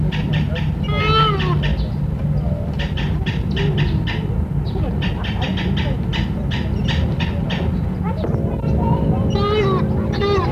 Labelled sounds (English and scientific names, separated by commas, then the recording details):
Yellow-casqued Hornbill (Ceratogymna elata) call
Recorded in captivity
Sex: diverse
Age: adult
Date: 1962-08-10
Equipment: Halbspur, 9,5 cm/s
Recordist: Lütgens, Hans